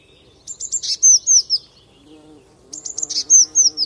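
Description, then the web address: Eurasian blue tit calls: quick high notes and a short buzzy burst, then thin downslurred notes, given twice, with a low drone beneath the second. "2025 File origin Bird Only Cy Ca"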